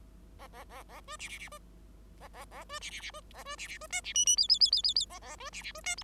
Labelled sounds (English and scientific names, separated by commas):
Bengalese Finch (Lonchura striata domestica) song